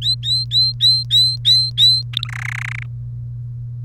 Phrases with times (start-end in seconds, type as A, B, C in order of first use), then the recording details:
0.02-2.02 A, 2.13-2.27 B, 2.29-2.83 C. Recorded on 1 May 2018 at 11:31. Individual llb3